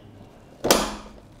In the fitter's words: खट करके आवाज आएगी और यह लग जाएगा यह है हमारा मॉनिटर